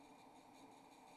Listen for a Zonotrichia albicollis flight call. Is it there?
no